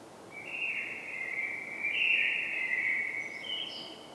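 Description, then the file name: Common blackbird delivering a long, mellow whistled phrase that rises slightly midway, trailing into soft, high, scratchy notes at the end. "Turdus merula"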